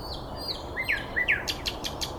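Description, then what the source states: Bird song: a few short, high, chirping whistles, some swooping upward, followed by a quick run of sharp, clicky ticks over a faint low background hum. Recorded 9 May 2014 at 06:39.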